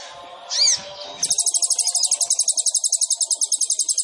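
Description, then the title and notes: Sunbird song: a loud sweeping call, then a long, very fast, high buzzy trill running steadily to the end. Indonesian masteran training recording of a gacor (actively singing) sunbird, full of isian (fills) and luxurious tembakan (bursts), suitable as pancingan to prompt other birds to sing. "KOLIBRI NINJA FULL ISIAN DAN TEMBAKAN. Suara Burung Kolibri Ninja Gacor"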